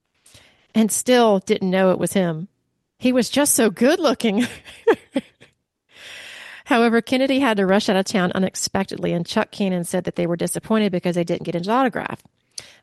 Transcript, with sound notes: And still didn't know it was him. He was just so good-looking.'" (laughs) "However, Kennedy had to rush out of town unexpectedly, and Chuck Cannon said that they were disappointed because they didn't get his autograph.